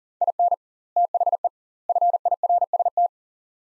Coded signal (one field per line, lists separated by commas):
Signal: Morse code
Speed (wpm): 37 wpm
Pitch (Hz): 700 Hz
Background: none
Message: IN THE FIRST